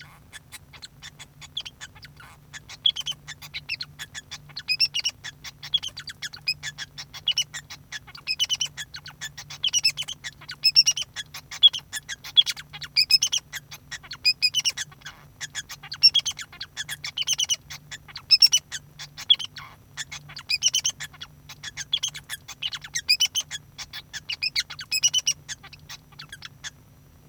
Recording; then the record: song of a male Bengalese finch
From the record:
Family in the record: son of father 2